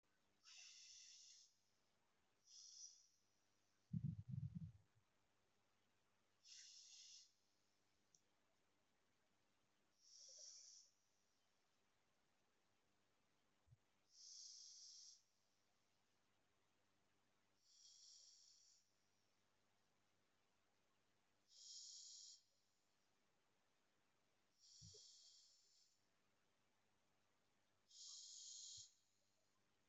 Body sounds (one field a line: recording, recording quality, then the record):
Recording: deep breathing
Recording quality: excellent, no background noise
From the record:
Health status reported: respiratory illness, not identified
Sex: male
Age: 29 years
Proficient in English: yes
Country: India